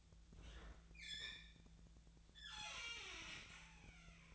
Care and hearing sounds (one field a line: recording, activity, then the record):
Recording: daily activity, microphone in the room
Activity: open fridge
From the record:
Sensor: 3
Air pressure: 1009.6 hPa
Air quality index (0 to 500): 195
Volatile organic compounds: 16 ppm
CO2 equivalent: 2532 ppm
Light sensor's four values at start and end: 33/82/35/37 and 33/82/35/37